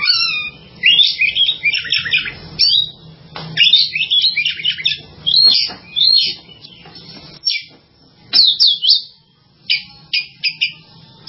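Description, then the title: Java sparrow song: a long, lively string of high chirps, clicks and warbled notes, dense at first, then broken into shorter bursts toward the end. "kicau gelatik"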